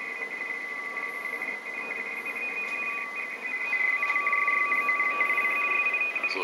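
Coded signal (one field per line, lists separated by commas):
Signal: RTTY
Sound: fast warbling two-tone teleprinter chatter over hiss, with a steady lower whistle underneath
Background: radio static, steady tone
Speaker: Der ist jetzt in so einer Warteschleife, also kommt jetzt noch kein Wetterbericht.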